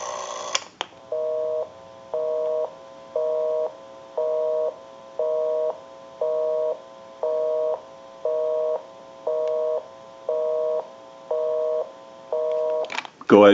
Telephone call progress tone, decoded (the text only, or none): busy tone